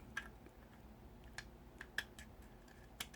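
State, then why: Seated. A custom-made arm slide part is pushed into its bracket on the base of a Johnny 5 robot build, with several small sharp clicks and taps around 0.2, 1.4, 1.8, 2.2 and 3.0 seconds. The loudest sharp snap, at 2.0 seconds, is the part snapping into place, seated in the bracket.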